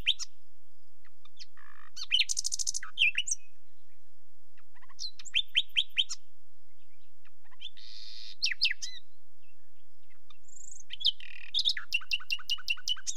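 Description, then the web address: Common nightingale delivering varied song phrases: dense buzzy rattles, quick repeated clicks and sweeping whistles, each phrase broken by brief silences. "The BBC Sound Effects Library. Nightingale"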